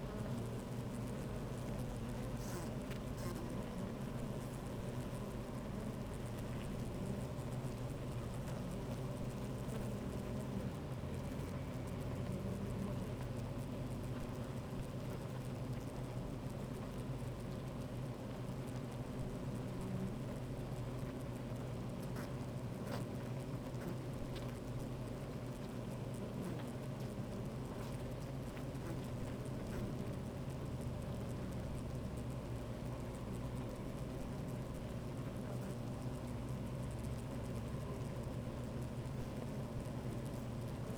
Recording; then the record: honeybee colony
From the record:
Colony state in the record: active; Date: 28 July 2017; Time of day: 13:20